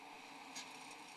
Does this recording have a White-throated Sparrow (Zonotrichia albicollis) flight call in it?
no